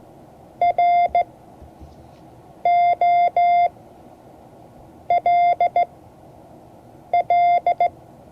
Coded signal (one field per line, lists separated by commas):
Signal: Morse code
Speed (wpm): 16 wpm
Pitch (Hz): 700 Hz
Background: none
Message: ROLL